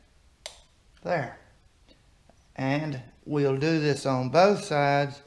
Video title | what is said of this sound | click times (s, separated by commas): 2017 Canadian Headlight Conversion Kit Installation Procedure | go until you hear the click there | 0.5 s